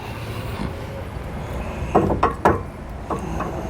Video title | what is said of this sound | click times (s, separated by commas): etrailer - Mount: Roadmaster Direct-Connect Base Plate Kit on a 2022 Ford Maverick | you're also going to hear a nice audible click that pin is going to lock in place and you have your arm attached | 2.2 s